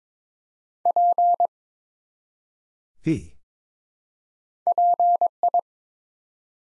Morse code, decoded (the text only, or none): P PI